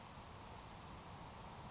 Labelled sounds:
Grasshopper Sparrow
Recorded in Sonoma County, California

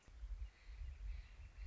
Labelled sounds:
Northern Flicker
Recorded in Sonoma County, California

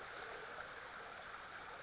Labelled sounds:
Western Flycatcher
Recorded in Sonoma County, California

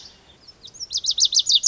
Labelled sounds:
Lazuli Bunting
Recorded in Sonoma County, California

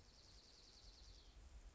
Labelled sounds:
Dark-eyed Junco
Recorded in Sonoma County, California

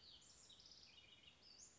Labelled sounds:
Western Flycatcher
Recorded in Sonoma County, California

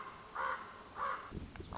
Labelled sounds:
Common Raven
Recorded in Sonoma County, California

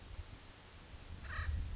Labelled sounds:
Acorn Woodpecker
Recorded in Sonoma County, California

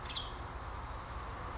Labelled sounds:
Western Tanager
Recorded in Sonoma County, California

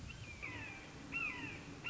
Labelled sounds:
Red-shouldered Hawk
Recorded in Sonoma County, California

